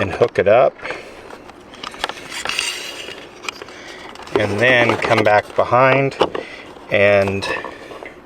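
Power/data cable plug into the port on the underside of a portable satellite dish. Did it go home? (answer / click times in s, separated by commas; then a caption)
no / none. Someone talks while handling a power/data cable plug after routing it through the mount, bringing it toward the port on the underside of a Starlink Mini portable satellite dish. Short knocks and taps come through between about 1.9 and 3.5 s. Nothing has seated or clicked yet.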